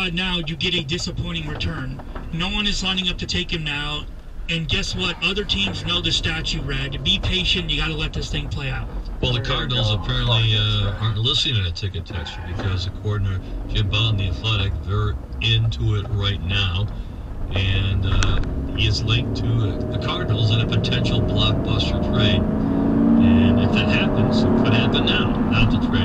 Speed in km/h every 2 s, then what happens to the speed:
8, 10, 10, 18, 15, 6, 16, 21, 23, 34, 52, 71, 85.
0-7 speeds up to 18. 7-11 slows to 6. 11-26 speeds up to 85.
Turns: 13-18.